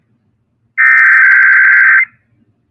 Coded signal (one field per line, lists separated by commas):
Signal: Emergency Alert System (SAME) tones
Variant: header bursts